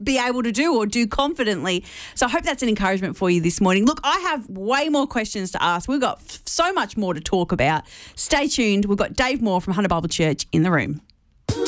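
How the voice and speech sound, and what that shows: One adult host speaks fluently at a lively conversational pace, with a mid-pitched, clear voice and only brief pauses between phrases. Speech is normal, with no repetitions, blocks or voice strain, in a quiet small room.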